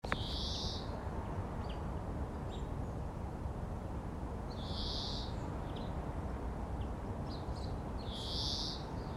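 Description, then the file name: European greenfinch giving three drawn-out buzzy wheezes a few seconds apart, with a few faint ticks between, over a continuous low rumble. "Chloris chloris"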